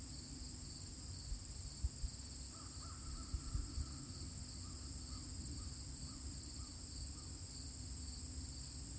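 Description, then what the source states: Cricket keeps up a constant high trill while a few faint, short, mid-pitched calls come and go in the middle seconds. Recorded at the edge of a field on Thursday, August 31, 2023, the last day of August, about 12 miles from where E.B. White's crickets lived.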